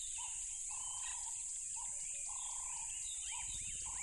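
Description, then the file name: Crickets keep up a continuous high shrill, while a lower buzzy insect drone starts and stops in bursts and a few brief bird notes slip in. Loud crickets by a tropical river. "smartsound ATMO NATURE Tropical River Loud Crickets"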